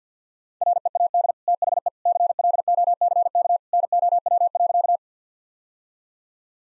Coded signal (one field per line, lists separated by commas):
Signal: Morse code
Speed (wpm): 50 wpm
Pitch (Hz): 700 Hz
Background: none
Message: READ THE CLOCK NOW.